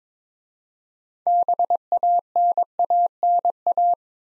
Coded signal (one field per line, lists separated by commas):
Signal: Morse code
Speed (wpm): 22 wpm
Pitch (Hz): 700 Hz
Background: none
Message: BANANA